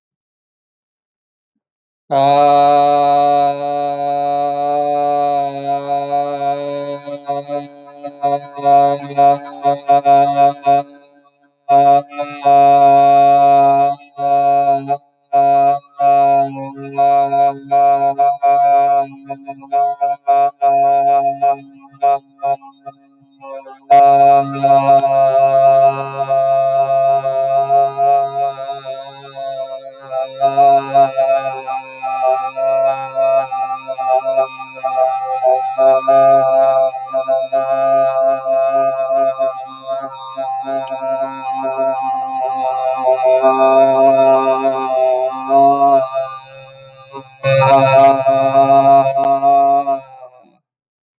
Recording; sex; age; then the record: vowel held as long as possible; male; 20 to 29 years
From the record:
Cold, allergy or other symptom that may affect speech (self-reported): no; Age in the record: 23 years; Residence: Florida, United States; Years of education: 16